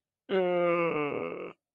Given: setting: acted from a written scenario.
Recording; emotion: vocal sound without words; embarrassment